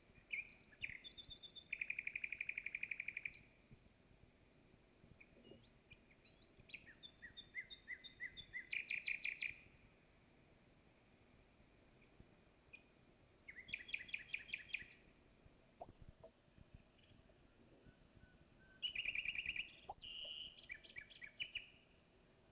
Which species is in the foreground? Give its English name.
Common Nightingale